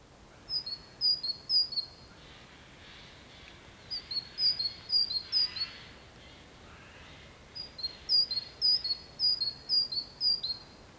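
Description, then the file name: Great tit singing three bursts of ringing two-note phrases, high then slightly lower, each burst three or more repeats, separated by short pauses. "Parus major"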